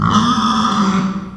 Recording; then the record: squeal of a Yucatan mini pig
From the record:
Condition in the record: after surgery on the right vocal fold (resection and tissue-engineered implant); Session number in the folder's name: 16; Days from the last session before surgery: 183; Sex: female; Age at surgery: 19 weeks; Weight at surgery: 25 kg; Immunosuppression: prednisolone